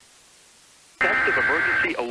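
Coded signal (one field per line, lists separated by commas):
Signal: Emergency Alert System (SAME) tones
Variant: header bursts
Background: speech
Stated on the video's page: Mock EAS alert, a recreation rather than a real broadcast.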